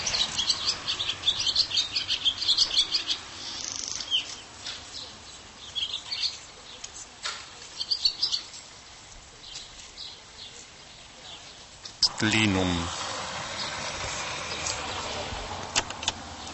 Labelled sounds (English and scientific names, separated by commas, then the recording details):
Barn Swallow (Hirundo rustica) song
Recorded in the wild
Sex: male
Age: adult
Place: Linum, Brandenburg, DE
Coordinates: 52.765, 12.87
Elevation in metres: 35
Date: 1999-04-25 12:50
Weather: partly sunny, ca. 17°C
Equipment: Sony MD-WM MZ-R3, Sennheiser MKH 416 T, Kopie Uher 4000 Report Monitor
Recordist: Tembrock, Günter